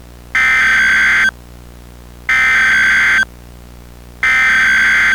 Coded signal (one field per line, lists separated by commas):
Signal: Emergency Alert System (SAME) tones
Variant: header bursts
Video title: EAS Scenario #3 (Remastered) The Blood Moon in collaboration with @SPCEastCoast1559